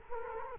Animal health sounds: mosquito wingbeat signal from an infrared sensor; Culex quinquefasciatus

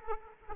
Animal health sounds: mosquito wingbeat signal from an infrared sensor; Aedes aegypti

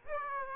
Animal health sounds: mosquito wingbeat signal from an infrared sensor; Aedes aegypti

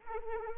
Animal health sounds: mosquito wingbeat signal from an infrared sensor; Anopheles arabiensis

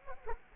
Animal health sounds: mosquito wingbeat signal from an infrared sensor; Culex quinquefasciatus

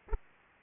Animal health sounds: mosquito wingbeat signal from an infrared sensor; Aedes aegypti

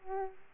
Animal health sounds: mosquito wingbeat signal from an infrared sensor; Aedes aegypti

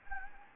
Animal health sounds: mosquito wingbeat signal from an infrared sensor; Anopheles gambiae

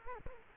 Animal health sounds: mosquito wingbeat signal from an infrared sensor; Culex quinquefasciatus

